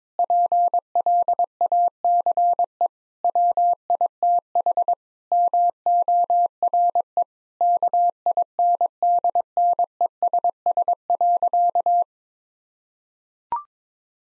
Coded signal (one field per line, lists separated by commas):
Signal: Morse code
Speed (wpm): 22 wpm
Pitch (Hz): 700 Hz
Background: none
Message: PLACE WITH MORE KINDNESS.